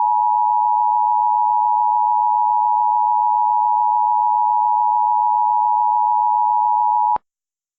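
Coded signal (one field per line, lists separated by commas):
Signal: Emergency Alert System (SAME) tones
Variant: 853 and 960 Hz attention tone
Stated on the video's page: Recreation of a Flash Flood Warning for Texas, containing valid EAS tones.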